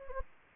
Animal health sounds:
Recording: mosquito wingbeat signal from an infrared sensor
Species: Anopheles gambiae

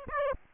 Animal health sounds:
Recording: mosquito wingbeat signal from an infrared sensor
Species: Aedes aegypti

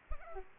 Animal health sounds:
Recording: mosquito wingbeat signal from an infrared sensor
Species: Aedes aegypti

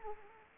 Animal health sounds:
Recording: mosquito wingbeat signal from an infrared sensor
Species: Anopheles arabiensis

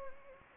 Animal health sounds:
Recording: mosquito wingbeat signal from an infrared sensor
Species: Anopheles gambiae

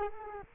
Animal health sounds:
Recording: mosquito wingbeat signal from an infrared sensor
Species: Culex quinquefasciatus

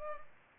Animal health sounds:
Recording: mosquito wingbeat signal from an infrared sensor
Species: Culex pipiens

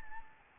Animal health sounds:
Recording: mosquito wingbeat signal from an infrared sensor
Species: Anopheles gambiae

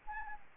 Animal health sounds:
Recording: mosquito wingbeat signal from an infrared sensor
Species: Anopheles gambiae

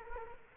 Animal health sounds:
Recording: mosquito wingbeat signal from an infrared sensor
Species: Culex quinquefasciatus

